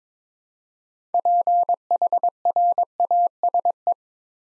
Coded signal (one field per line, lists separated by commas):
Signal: Morse code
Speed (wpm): 22 wpm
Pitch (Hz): 700 Hz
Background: none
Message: PHRASE